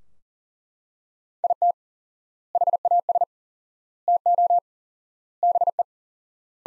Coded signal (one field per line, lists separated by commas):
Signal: Morse code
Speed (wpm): 40 wpm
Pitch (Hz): 700 Hz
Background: none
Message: IT HAS TO BE